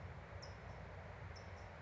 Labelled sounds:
California Towhee
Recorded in Sonoma County, California

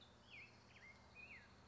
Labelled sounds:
Black-headed Grosbeak
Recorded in Sonoma County, California

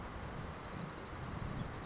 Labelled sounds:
Blue-gray Gnatcatcher
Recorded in Sonoma County, California

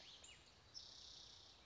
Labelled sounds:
Spotted Towhee
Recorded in Sonoma County, California

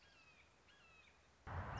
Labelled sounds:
Red-shouldered Hawk
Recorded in Sonoma County, California

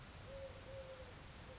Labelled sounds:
Eurasian Collared Dove
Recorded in Sonoma County, California

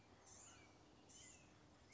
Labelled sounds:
Blue-gray Gnatcatcher
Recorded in Sonoma County, California

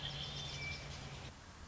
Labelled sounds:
Red-winged Blackbird
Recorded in Sonoma County, California

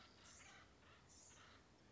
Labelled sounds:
Acorn Woodpecker
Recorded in Sonoma County, California

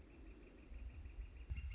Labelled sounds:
Northern Flicker
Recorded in Sonoma County, California

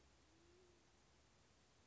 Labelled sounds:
Band-tailed Pigeon
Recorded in Sonoma County, California

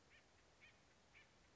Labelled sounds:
Acorn Woodpecker
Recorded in Sonoma County, California

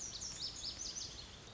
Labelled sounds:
Lazuli Bunting
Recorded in Sonoma County, California

